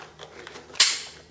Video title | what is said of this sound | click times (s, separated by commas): Maine Prepper: Self Defense SHOTGUN SAIGA Foregrip replacement UAG Stock and foregrip | And you'll always hear it clicking when it's in place. | 0.8 s